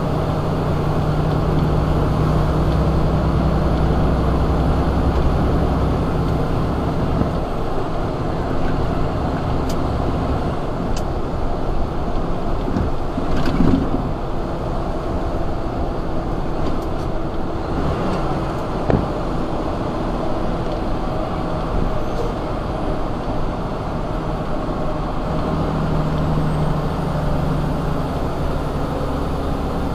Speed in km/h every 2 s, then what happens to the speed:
61, 64, 66, 68, 68, 68, 68, 68, 66, 66, 64, 61, 60, 58, 55.
0-5 speeds up to 68. 5-15 steady at about 68. 15-30 slows to 55.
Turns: none.